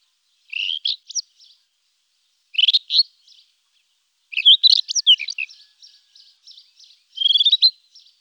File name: rufous bush robin